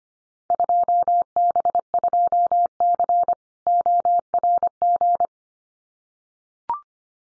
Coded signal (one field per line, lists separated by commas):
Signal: Morse code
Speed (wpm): 25 wpm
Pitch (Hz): 700 Hz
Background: none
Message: 2B2C ORG